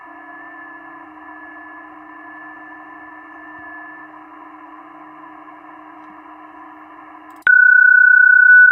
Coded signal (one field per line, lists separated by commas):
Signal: PSK31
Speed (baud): 31.25 baud